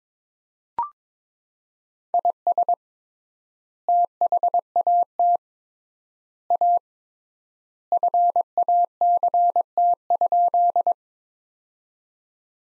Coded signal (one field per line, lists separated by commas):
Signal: Morse code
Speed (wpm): 22 wpm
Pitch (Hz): 700 Hz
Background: none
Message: IS THAT A FACT?